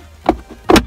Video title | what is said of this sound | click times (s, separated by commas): VW Golf Mk7 How too change a fuse / cigarette lighter 12v | we push that into there like that you'll hear it click now it's clicked once push that all the way up | 0.3 s, 0.7 s